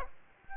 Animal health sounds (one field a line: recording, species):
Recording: mosquito wingbeat signal from an infrared sensor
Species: Aedes aegypti